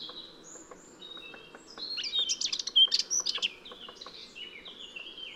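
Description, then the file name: Eurasian blackcap: songbird warble, squeaky and jumbled notes with a brief loud burst in the middle, over a steady background hiss. "Sylvia atricapilla"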